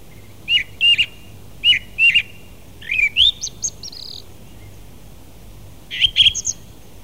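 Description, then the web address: Song thrush singing bright whistled phrases, each repeated twice, followed by a rising whistle, a scratchy twitter and, after a pause, a final squeaky flourish. "fugler maaltrost"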